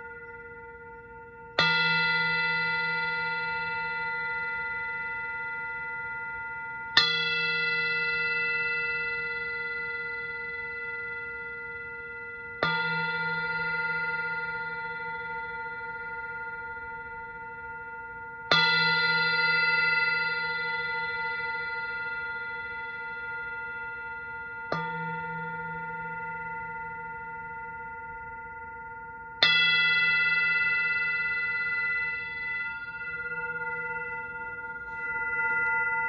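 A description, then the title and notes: A large gong is struck six times at regular intervals of about five to six seconds, each hit blooming into a long, shimmering tone that slowly fades. The steady ringing pitch holds throughout, with a low hum underneath and bright overtones at each strike. Jupiter Gong Sound Immersion. The Jupiter gong resonates at the approximate musical note of F#.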